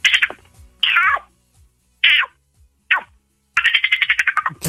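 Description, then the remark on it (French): A voice imitates a frog's croak in a series of short, squeaky, high-pitched bursts separated by pauses, ending in a longer rapid pulsing trill. No one speaks. “Bah la grenouille, tiens. Donc la grenouille.”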